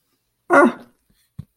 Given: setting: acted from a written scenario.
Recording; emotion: vocal sound without words; negative surprise